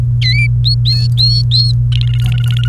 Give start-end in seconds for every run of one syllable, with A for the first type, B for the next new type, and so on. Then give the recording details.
0.22-0.46 A, 0.64-0.74 B, 1.92-2.68 C. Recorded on 28 April 2018 at 08:17. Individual llb3